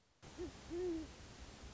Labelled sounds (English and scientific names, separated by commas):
Great Horned Owl (Bubo virginianus)